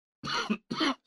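Two quick, loose coughs from an adult in a quiet room, a wet, productive cough bringing up a lot of sputum, in someone who has been ill since the end of January.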